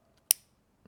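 A new polymer magazine follower is pressed onto the top of a magazine spring until it pops on. A single sharp, bright click sounds at 0.3 s, followed by a faint soft tap near 0.9 s. The follower is seated on the spring.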